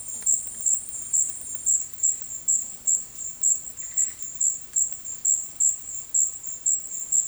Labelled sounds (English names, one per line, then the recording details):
none
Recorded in dense forest near Puerto Asís, Putumayo, Colombia, on 20 February 2024 at 12:00
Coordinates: 0.484, -76.317
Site G6464